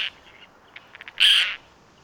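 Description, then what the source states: Roseate Tern giving a single harsh, rasping call, preceded by a few faint, short ticking notes over quiet background hiss. Has some pink all year, showiest at the start of the breeding season.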